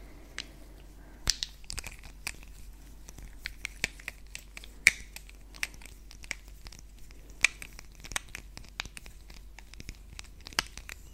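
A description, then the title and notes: Brushing and touching, heard as dry, bright scratches and light taps that come irregularly every fraction of a second. A few sharper clicks stand out near 1, 5, 7.5 and 10.5 seconds over a quiet, low hush. ASMR Face Brushing Face Touching.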